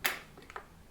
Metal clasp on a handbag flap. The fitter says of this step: locks into place.